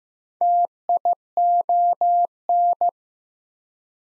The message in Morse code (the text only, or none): TION